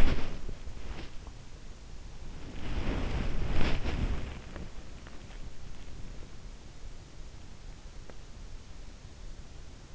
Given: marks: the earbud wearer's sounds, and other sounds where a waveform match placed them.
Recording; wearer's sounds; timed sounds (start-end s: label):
sounds in sleep by an in-ear microphone; body movement
0.00-1.33 s: body movement
2.45-4.89 s: body movement